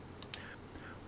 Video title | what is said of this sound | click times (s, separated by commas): Delta Kitchen Faucet Leak Repair (Single Handle) | push the spring and seat into the valve body you will hear a little click | 0.3 s